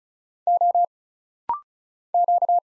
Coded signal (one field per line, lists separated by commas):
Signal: Morse code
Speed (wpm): 36 wpm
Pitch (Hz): 700 Hz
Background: none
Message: O Q